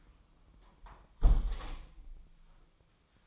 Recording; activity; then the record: daily activity, microphone in the room; close window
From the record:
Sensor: 1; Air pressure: 1004.7 hPa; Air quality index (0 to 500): 120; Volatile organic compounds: 4 ppm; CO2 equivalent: 1660 ppm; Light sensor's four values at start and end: 9/21/8/9 and 8/21/8/9